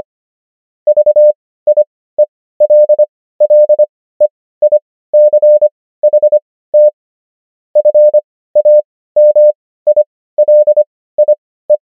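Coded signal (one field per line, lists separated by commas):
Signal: Morse code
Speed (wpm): 25 wpm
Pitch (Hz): 600 Hz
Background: none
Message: VIELLEICHT FAMILIE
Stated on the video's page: Morse practice of the 500 most common German words, Farnsworth spacing: 25 wpm characters, 16 wpm overall.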